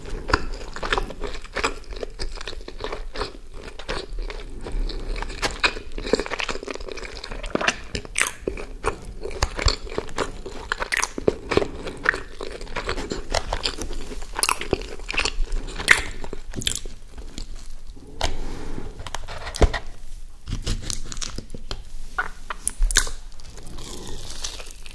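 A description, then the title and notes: Steady chewing of fried food and a burger, with dense crunchy bites and sharp crackles every second or so. ASMR McDonalds Nuggets, Hamburger, Fries (EATING SOUNDS).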